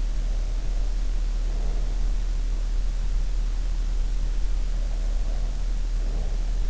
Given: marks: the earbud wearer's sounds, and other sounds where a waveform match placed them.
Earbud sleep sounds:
sounds in sleep by an in-ear microphone; breath
0.14-2.35 s: breath
4.65-6.70 s: breath

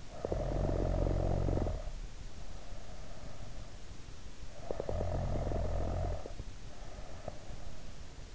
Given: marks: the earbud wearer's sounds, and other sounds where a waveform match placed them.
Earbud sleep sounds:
sounds in sleep by an in-ear microphone; snoring breath
0.00-3.84 s: snoring breath
4.45-7.84 s: snoring breath

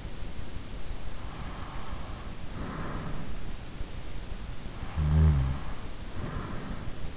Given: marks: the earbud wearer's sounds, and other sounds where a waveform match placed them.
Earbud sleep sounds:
sounds in sleep by an in-ear microphone; breath, snoring breath
1.17-3.78 s: breath
4.92-6.98 s: snoring breath

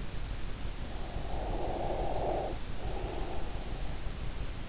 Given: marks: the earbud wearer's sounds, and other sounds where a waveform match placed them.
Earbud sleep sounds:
sounds in sleep by an in-ear microphone; breath
0.68-3.91 s: breath

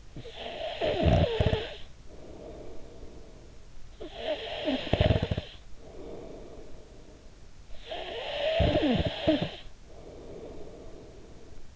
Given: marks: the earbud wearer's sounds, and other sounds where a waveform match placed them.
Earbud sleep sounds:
sounds in sleep by an in-ear microphone; snoring breath
0.00-3.80 s: snoring breath
3.92-7.49 s: snoring breath
7.67-11.76 s: snoring breath

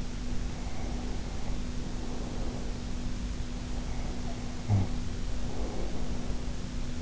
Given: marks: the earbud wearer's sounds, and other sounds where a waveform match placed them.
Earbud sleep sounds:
sounds in sleep by an in-ear microphone; breath, snoring breath
0.63-2.91 s: breath
3.56-6.34 s: snoring breath

